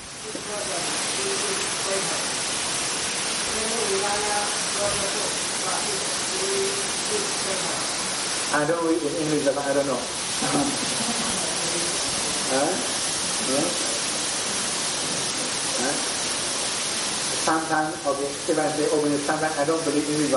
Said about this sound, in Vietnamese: Không nghe được, mưa to quá.